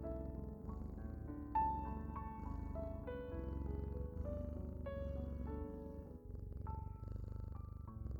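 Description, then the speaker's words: Domestic cat purr, a continuous low pulsing rumble beneath gentle melodic music with slow changing notes. Cat purring played during the silent part of a guided relaxation meditation, mixed with calming music. "Focus on the sound of the cat's purr and drift off."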